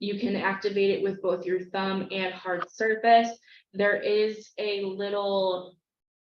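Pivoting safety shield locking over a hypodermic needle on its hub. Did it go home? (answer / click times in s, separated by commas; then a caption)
no / none. Someone talks throughout about the pivoting plastic safety shield on a hypodermic needle hub, which can be pressed closed over the needle with a thumb or against a hard surface until it locks. Only speech is heard in this clip, and the shield has not yet clicked or locked.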